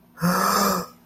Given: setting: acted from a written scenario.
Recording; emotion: vocal sound without words; awe